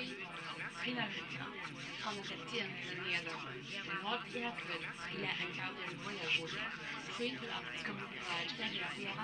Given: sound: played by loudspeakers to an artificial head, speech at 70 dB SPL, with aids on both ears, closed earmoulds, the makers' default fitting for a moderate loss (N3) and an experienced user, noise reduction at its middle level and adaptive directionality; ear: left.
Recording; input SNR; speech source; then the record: speech test signal (ISTS) in cocktail-party noise; 0 dB; on the right (90 degrees)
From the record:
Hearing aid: class 2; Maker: F